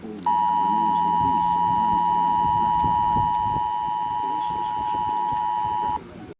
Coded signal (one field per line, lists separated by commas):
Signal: Emergency Alert System (SAME) tones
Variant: 853 and 960 Hz attention tone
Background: speech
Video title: 2 Minutes Of EAS Alarm